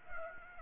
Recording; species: mosquito wingbeat signal from an infrared sensor; Aedes aegypti